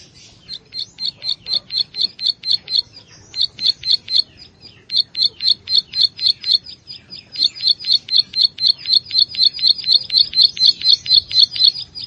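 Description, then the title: Plain Prinia song of long runs of sharp high notes, steadily repeated about four per second with brief breaks between runs. "Ciblek Sawah"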